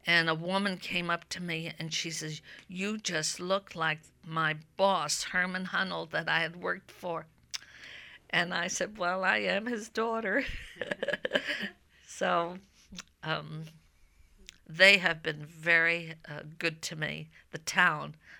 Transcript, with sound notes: And a woman came up to me and she says, "You just look like my boss, Herman Honold, that I have worked for." And I said, "Well, I am his daughter." ( she laughs ) So they have been very good to me, the town.